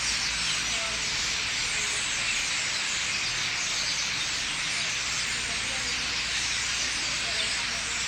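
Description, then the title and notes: Common starlings in a huge flock, a dense continuous wall of chattering, squeaking and whistling calls blending into a steady roar without pause. Thousands of starlings gathering in trees at night at a roost in Limoges, France; recorded with a Sony PCM-M10's internal microphones. "4 Rue des Prisons, 87000 Limoges, France - Starlings - étourneaux. Un bon millier d'étourneaux se rassemblent dans les arbres"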